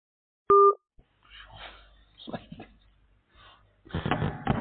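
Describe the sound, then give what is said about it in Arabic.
A single loud, steady telephone beep tone, short and clean, followed by a pause and then quieter muffled rustling and indistinct voice-like sounds that grow busier toward the end. “شوف التليفون ده.”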